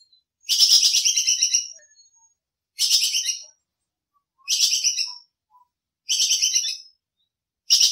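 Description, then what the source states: Squirrel giving five harsh, rapidly pulsed chattering bursts, roughly every one and a half seconds, with a longer first burst and silence between calls. Masteran training recording of a lively, vigorously calling (gacor) bajing kekes squirrel.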